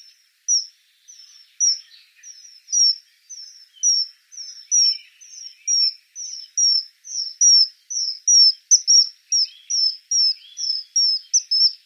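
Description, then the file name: Common kingfisher uttering a steady run of sharp, high whistled notes. "Eisvogel"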